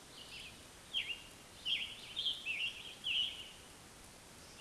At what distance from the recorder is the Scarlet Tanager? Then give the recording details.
about 25 m. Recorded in a Pennsylvania forest on 1 June 2023 at 08:08. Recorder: AudioMoth, point grid3_35_high. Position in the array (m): 164 m, 141 m